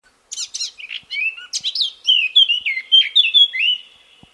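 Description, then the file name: Eurasian blackcap song: a scratchy, chattering opening that breaks into a loud, clear, fluty warble of rising and falling whistled phrases, about four seconds long. "Sylvia atricapilla"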